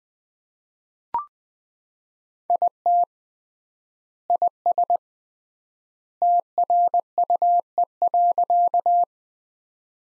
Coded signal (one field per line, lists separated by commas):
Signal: Morse code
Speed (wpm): 20 wpm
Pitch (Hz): 700 Hz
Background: none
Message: IT IS TRUE.